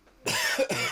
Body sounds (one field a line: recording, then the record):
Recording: coughing mixed with background sound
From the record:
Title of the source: Dry Afternoon Cough